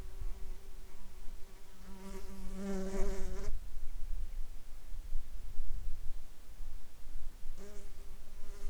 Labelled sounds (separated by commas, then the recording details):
insects
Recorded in the Arctic National Wildlife Refuge, Alaska, on 22 July 2019 at 21:43
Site 41